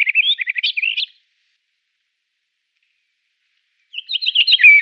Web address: Schulze Peter White-crowned Wheatear song